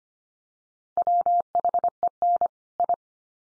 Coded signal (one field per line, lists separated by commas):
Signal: Morse code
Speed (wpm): 25 wpm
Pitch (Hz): 700 Hz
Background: none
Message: WHEN I